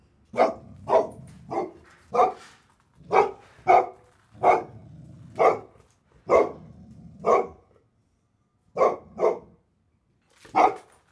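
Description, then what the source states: Dog barking: many loud, harsh barks, some in quick pairs, separated by uneven pauses, with nothing else clearly heard. Chained dog.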